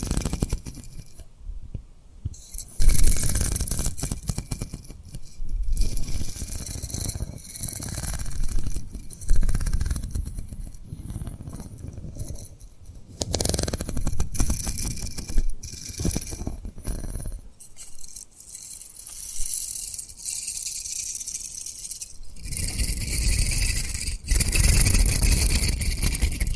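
Tapping and rubbing on rhinestones, with dense clicky, glittery scratching that comes in bursts and stops. Bright crisp ticks ride over a low rumbling rub, with brief near-silent gaps around 2, 13 and 17 to 22 seconds, then a louder, busier stretch near the end.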